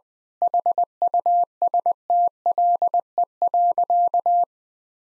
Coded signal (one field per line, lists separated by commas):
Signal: Morse code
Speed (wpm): 20 wpm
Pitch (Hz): 700 Hz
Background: none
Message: HUSTLE.